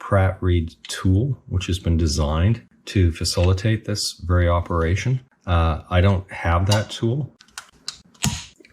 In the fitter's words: but there we go that's the key in position you'll probably hear quite a loud little click